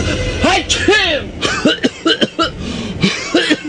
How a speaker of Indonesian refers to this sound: Batuk, di komik aja.